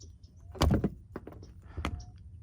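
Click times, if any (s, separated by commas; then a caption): 1.9 s. A crimped metal contact pin is pushed into a female MC4 plastic connector housing on the positive solar wire. After handling thumps and rustling, a sharp click at 1.9 s marks the pin locking into the housing, and it is seated.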